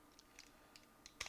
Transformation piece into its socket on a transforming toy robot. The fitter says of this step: pop that in and you'll feel a nice click and drop